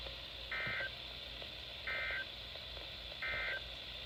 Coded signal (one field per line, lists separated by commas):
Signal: Emergency Alert System (SAME) tones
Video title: Summers not over yet EAS#290-306 8/28/20 - 9/1/20